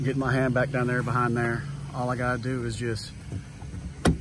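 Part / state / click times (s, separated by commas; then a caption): rear seat latch released via pull strap / released / 4.1 s. Someone talks while reaching for the added pull strap on a rear seat storage unit in a 2017-present F250/F150. At 4.1 s the strap is pulled and the rear seat latch lets go with a sharp clunk, releasing the seat so it comes down.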